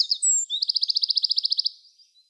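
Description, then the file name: Eurasian wren song: a few sharp high notes lead into a fast, metallic trill of many evenly spaced notes, then quiet. "Troglodytes troglodytes"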